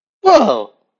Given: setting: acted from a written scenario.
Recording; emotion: vocal sound without words; positive surprise